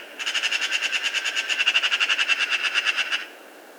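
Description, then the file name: Eurasian magpie giving a single rattle of harsh notes lasting about three seconds, then falling quiet. "Pica pica"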